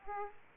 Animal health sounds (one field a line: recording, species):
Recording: mosquito wingbeat signal from an infrared sensor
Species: Aedes aegypti